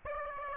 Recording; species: mosquito wingbeat signal from an infrared sensor; Aedes aegypti